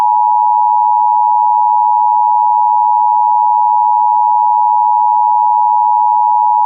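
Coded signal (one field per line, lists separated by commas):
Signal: Emergency Alert System (SAME) tones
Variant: 853 and 960 Hz attention tone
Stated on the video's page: Simulated EAS tornado scenario.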